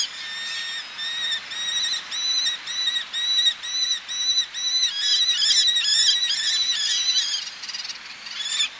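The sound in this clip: Eleonora's falcon calls, a run of evenly spaced, grating 'kyeh' notes, later becoming denser and overlapping before tailing off.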